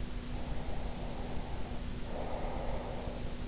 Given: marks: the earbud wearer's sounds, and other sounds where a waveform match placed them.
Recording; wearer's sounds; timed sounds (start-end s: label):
sounds in sleep by an in-ear microphone; breath
0.32-3.48 s: breath